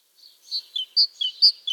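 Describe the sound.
Great tit song in rapid two-note phrases, a bright high note dropping to a lower one, repeated several times.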